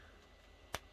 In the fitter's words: and there you go nice satisfying snap so there you have frankenstein with shackles now on his forearms